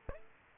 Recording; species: mosquito wingbeat signal from an infrared sensor; Aedes aegypti